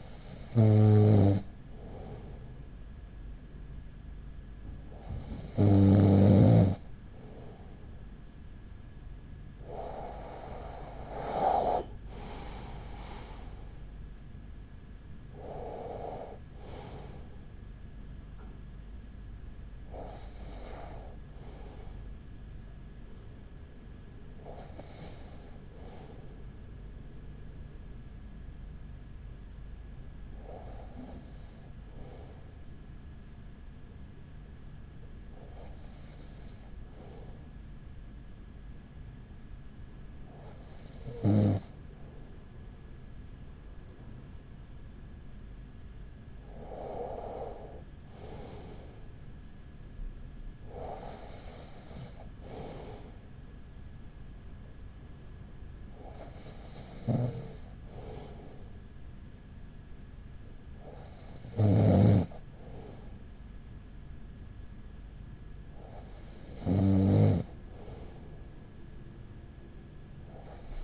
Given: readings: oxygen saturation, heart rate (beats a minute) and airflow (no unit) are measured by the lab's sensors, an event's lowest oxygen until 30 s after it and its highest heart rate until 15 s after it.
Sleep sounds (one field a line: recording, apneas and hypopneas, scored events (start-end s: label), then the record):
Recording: breathing in sleep by a smartphone at the bedside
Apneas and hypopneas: none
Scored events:
25.00-70.83 s: new sleep stage, N1 (lightest sleep)
From the record:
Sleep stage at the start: N2 (light sleep)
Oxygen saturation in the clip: 94 to 96%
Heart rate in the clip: 39 to 51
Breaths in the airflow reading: 14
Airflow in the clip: -7.9 to 9.8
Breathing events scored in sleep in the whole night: 207 in 7.6 hours asleep